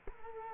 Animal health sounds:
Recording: mosquito wingbeat signal from an infrared sensor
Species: Culex quinquefasciatus

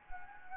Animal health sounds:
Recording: mosquito wingbeat signal from an infrared sensor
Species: Anopheles gambiae

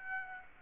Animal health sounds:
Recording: mosquito wingbeat signal from an infrared sensor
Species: Aedes aegypti

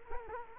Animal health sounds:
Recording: mosquito wingbeat signal from an infrared sensor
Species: Culex quinquefasciatus

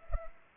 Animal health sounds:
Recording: mosquito wingbeat signal from an infrared sensor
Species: Culex pipiens

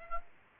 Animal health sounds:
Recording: mosquito wingbeat signal from an infrared sensor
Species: Aedes aegypti

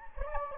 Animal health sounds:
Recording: mosquito wingbeat signal from an infrared sensor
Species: Anopheles gambiae

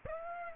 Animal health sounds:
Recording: mosquito wingbeat signal from an infrared sensor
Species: Aedes aegypti

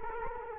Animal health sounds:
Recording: mosquito wingbeat signal from an infrared sensor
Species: Culex quinquefasciatus

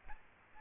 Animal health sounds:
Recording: mosquito wingbeat signal from an infrared sensor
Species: Aedes albopictus

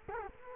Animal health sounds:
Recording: mosquito wingbeat signal from an infrared sensor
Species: Culex quinquefasciatus

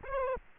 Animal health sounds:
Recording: mosquito wingbeat signal from an infrared sensor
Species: Aedes aegypti

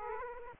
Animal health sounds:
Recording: mosquito wingbeat signal from an infrared sensor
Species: Aedes aegypti

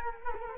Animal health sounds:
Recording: mosquito wingbeat signal from an infrared sensor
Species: Culex quinquefasciatus

